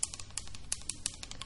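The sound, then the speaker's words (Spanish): A woodpecker imitated in a sound-effects workshop by tapping a stick against a glass: a quick, slightly uneven run of sharp, bright clicks, about a dozen in a second and a half, with no voices. “Pájaro carpintero que se hace con un vaso y con un palo.”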